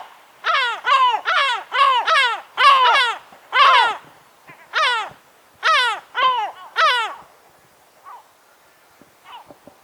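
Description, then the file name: Yellow-legged gull giving a run of about eleven loud, harsh, downslurred calls in quick succession, then a pause with a few faint short notes. Mewing calls and guttural alarm calls. "Goéland leucophée (Larus michahellis) - Cris miaulés et alarmes gutturales"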